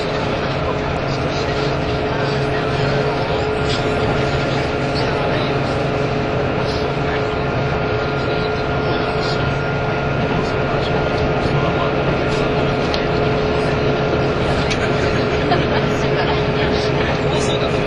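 A KiHa 85 series diesel train, the Hida No. 1, runs with a steady, dense rumble of engine and running noise. Several constant whining tones hold at fixed pitches throughout, and the level barely changes across the whole stretch, with only small scattered clicks above.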